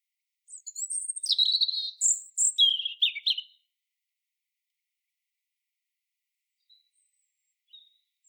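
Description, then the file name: European robin song: a single short phrase opening with thin high notes, then dropping into quick tumbling warbles and trills, followed by silence with a few faint ticks. "Erithacus rubecula"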